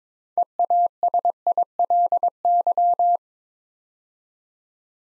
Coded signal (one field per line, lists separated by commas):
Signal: Morse code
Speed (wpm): 22 wpm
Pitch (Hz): 700 Hz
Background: none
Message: EASILY